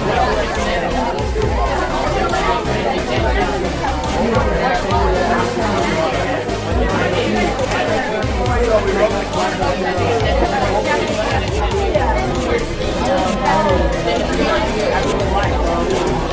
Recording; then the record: background sound without coughing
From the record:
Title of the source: Nightlife Party Simulating Party Club Noise 1 Hour